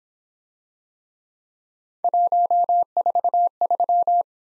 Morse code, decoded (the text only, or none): 143